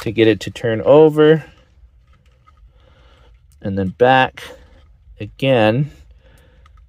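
A folding plastic part on a model-kit transport's peg joint is slid along the peg system and turned over while someone talks, with a few faint small ticks of handling in between. The part locks into place with a sharp click at 6.7 s.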